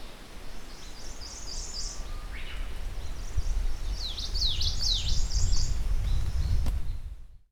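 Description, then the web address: Ijima's leaf warbler song: bursts of thin, high chattering notes, then a run of sharply down-slurred whistles repeated several times, over a steady low rumble. "bird song iizimamusikui"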